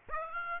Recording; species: mosquito wingbeat signal from an infrared sensor; Aedes aegypti